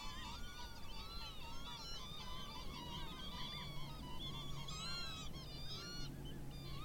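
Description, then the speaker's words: Northern Lapwing roosting calls: many overlapping wheezy, slurred notes over a low steady rumble. Gentle wheeze and chortle of a roosting flock at a still winter dusk on one of the last days of 2021, wide shallow lagoon at Steart Marshes WWT near the River Parrett mouth, Somerset. "The last light sparkles on the water of a wide, shallow lagoon, while the gentle wheeze and chortle of roosting lapwings and the whistles of redshanks rise to meet the coming dark."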